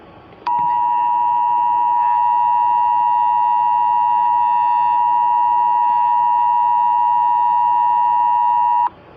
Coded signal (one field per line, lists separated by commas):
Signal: Emergency Alert System (SAME) tones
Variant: 853 and 960 Hz attention tone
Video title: EAS Scenario: Astroids bitch!